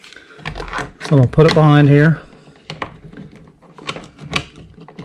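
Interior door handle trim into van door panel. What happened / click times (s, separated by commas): Plastic trim handled against the panel, not yet seated / none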